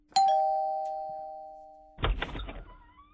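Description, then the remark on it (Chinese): A doorbell at a hotel room door chimes once with a bright, clear tone that rings out and slowly fades for about two seconds, then a short burst of rattling, clattering noise follows. “门铃一响，门一开，酒店房间里的齐弘志就愣了”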